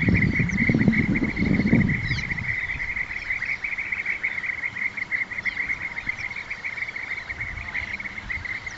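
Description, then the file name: European bee-eater calls, many rolling trilled notes blending into an unbroken chorus, with a brief low rumble at the start. Recorded at Dydki. "Albert Lastukhin - Zolotistaya cshurka Merops apiaster"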